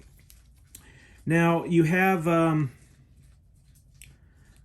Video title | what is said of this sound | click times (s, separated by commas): ROTS-FLEX V2 2022 (Goth3d chassis version) training video 8/29 installed saber N-Pixel Korbanth | Once it's in, go ahead and push this in. Snaps in place. | 0.3 s, 0.8 s